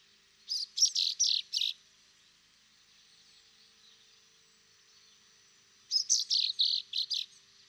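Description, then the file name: Common chaffinch sounding two quick runs of high, sharp chirps, five to six notes each, separated by about four seconds of quiet with a faint background hiss. "Fringilla coelebs"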